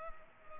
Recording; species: mosquito wingbeat signal from an infrared sensor; Culex pipiens